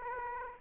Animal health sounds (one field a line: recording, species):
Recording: mosquito wingbeat signal from an infrared sensor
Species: Aedes aegypti